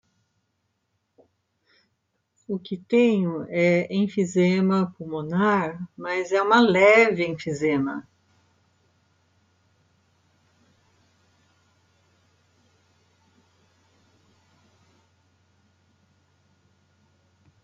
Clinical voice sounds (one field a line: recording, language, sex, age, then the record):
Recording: spoken sentence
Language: Brazilian Portuguese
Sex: female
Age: 60 to 69 years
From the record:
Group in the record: control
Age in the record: 66 years